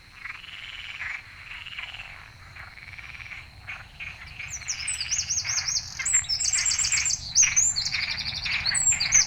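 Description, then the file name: Eurasian wren singing rapid, high, warbling trills that grow louder and run for several seconds. "Troglodytes troglodytes"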